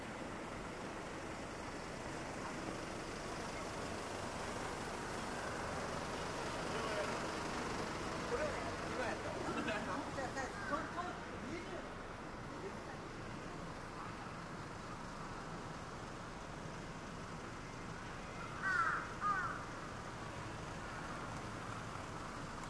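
A Saturday morning in bustling Shinjuku: a steady, dense wash of city noise with traffic rumble and indistinct voices throughout. Around ten seconds the murmur thickens briefly, and near nineteen seconds a crow caws twice over the din.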